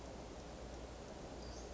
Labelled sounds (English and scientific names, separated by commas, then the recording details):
Western Flycatcher (Empidonax difficilis)
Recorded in Sonoma County, California